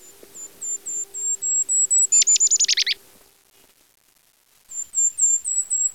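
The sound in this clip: Golden-crowned kinglet song: a series of very high, thin notes that speed up and get louder, then a quick tumbling chatter that drops lower, followed by silence and another high series.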